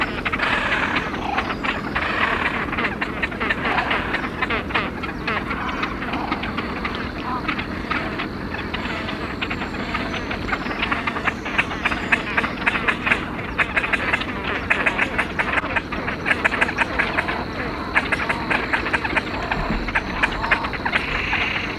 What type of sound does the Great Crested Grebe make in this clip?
call